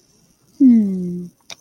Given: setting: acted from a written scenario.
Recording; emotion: vocal sound without words; contentment